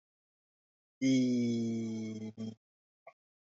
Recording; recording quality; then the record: sustained vowel as in beet; excellent, no background noise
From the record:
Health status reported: healthy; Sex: male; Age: 32 years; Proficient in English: yes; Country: India